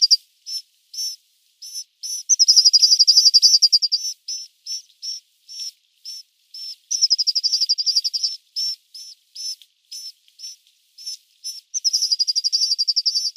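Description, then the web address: Sinai rosefinch giving repeated high, clear call notes, broken by several rapid trilled series. "Schulze Peter Sinai Rosefinch calls"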